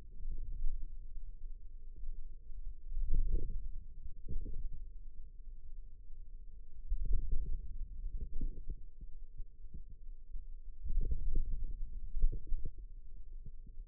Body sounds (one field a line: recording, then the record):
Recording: forearm muscle sounds (acoustic myography)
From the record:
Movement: ulnar deviation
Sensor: system 2, bracelet of six BSWA MPA416 microphones around the upper forearm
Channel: 4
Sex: female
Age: 21 years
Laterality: right